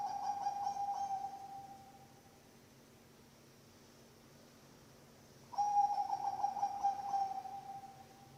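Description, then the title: Zebra dove song, a steady low purring coo broken into quick pulses; one phrase fades out early, and after a long quiet gap another begins. Bangkok-type zebra dove (perkutut bangkok) song, used as a master recording for training birds (masteran) and for luring (pancingan). "mster Mnuk. SUARA OCEHAN BURUNG PERKUTUT BANGKOK Untuk MASTERAN dan PANCINGAN"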